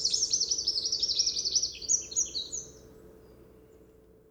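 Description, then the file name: Eurasian wren producing a fast, high, rippling trill with rapidly repeated notes lasting under three seconds, then quiet. "Troglodytes troglodytes"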